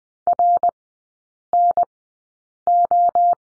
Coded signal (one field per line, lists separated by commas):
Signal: Morse code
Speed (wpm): 20 wpm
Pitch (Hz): 700 Hz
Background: none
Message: RNO